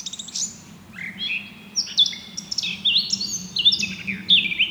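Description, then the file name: Eurasian blackcap song: brisk warbling with clear, flute-like whistles, over a soft low hum. "Sylvia atricapilla"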